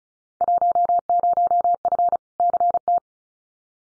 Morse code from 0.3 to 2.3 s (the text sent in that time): 10F